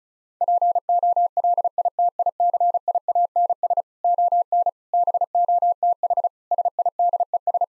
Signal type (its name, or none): Morse code